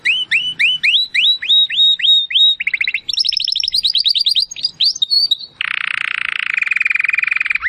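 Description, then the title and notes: Domestic canary song: a row of rising whistles, then rapid chattering trills climbing higher, closing with a long, even, buzzy rattle. Belgian canary breed; song style named campainha (bell). "Canário Belga Campainha Canary Singing. Canario Belga Cantando"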